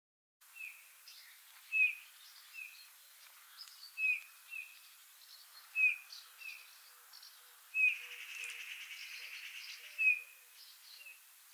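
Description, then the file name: Eurasian bullfinch calls: short, soft, slightly falling piping whistles repeated every second or two, with faint higher chirps and a hissing rush in the second half. "Pyrrhula pyrrhula"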